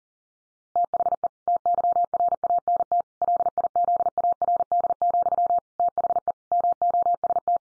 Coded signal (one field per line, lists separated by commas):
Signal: Morse code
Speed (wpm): 40 wpm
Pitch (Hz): 700 Hz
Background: none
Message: THE TYRANT LIZARD, THE MOST